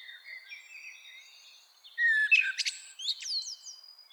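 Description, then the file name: Common blackbird song: faint sustained whistles, then one louder mellow note followed by a quick squeaky flourish of high twitters. "Turdus merula"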